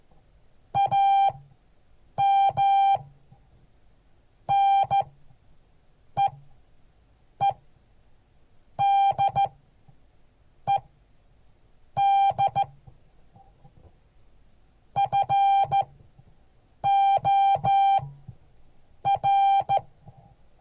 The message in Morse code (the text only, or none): AM NEEDED FOR